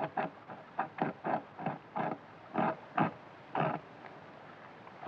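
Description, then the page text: Eurasian beaver at work: short rasping, scraping bursts repeated irregularly, several within four seconds, with brief quiet gaps between them. European beaver (Castor fiber) recorded while working at night. "bobr evropsky pri nocni praci. Bobor vodný (Castor fiber)"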